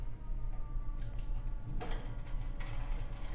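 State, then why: Not seated. The threaded cap of an RC car oil shock is lined up on the shock body so the threads start straight before it is tightened down. Over a steady low hum, soft handling rustles and light scraping touches come in short bursts around 1.0, 1.8 and 2.6 seconds. Nothing has seated or clicked yet.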